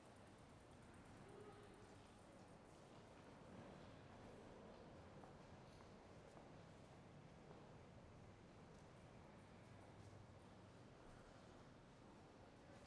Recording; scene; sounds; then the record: everyday scene through a hearing-aid microphone; reverberant space; background noise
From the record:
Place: railway station hall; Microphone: behind the ear, left, front